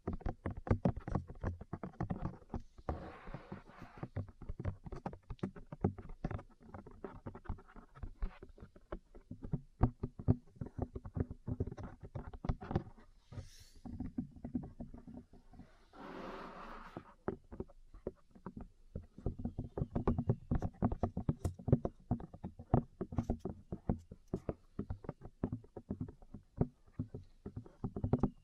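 Ear cleaning and massage sounds: dense, rapid tapping and crackling clicks fill the whole half minute, with a low thumping rumble underneath. Brief soft rushing swishes rise around 3, 13 and 16 seconds, and the busy tapping eases slightly near 15 seconds.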